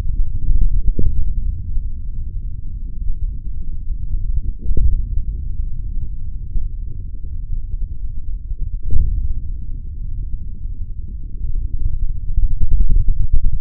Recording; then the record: forearm muscle sounds (acoustic myography)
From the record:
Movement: hand opening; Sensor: system 3, bracelet of six PUI Audio POM-2738L microphones around the upper forearm, with dedicated amplification and filtering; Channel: 1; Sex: male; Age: 56 years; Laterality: right